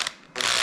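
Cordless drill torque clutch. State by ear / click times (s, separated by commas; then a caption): torque reached / 0.1 s, 0.4 s. A cordless drill set to a clutch (torque) setting runs while its chuck is held, so the clutch slips out with a ratcheting mechanical click at 0.1 s and 0.4 s. The clutch setting keeps the drill from sending full torque into a stuck screw and breaking a small Phillips head. After a quieter stretch, a loud, steady whirring ratchet continues from about 0.35 s to the end, confirming the clutch is clicking out at the set torque.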